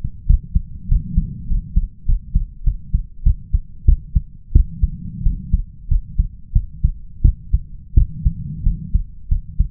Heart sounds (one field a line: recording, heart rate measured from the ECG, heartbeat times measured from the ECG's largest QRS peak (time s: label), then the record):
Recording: heart sounds by stethoscope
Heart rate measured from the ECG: 93 bpm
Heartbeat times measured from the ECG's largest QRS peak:
0.26 s: heartbeat
0.88 s: heartbeat
1.47 s: heartbeat
2.05 s: heartbeat
2.64 s: heartbeat
3.23 s: heartbeat
3.85 s: heartbeat
4.52 s: heartbeat
5.23 s: heartbeat
5.88 s: heartbeat
6.52 s: heartbeat
7.22 s: heartbeat
7.94 s: heartbeat
8.63 s: heartbeat
9.28 s: heartbeat
From the record:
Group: healthy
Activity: cold pressor test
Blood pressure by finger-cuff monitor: 126/87 mmHg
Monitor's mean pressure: 101 mmHg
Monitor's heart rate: 90 bpm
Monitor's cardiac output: 6.7 L/min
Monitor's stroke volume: 74 mL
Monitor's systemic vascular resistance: 1110 dyn s/cm5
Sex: male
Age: 21 years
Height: 180 cm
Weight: 67.5 kg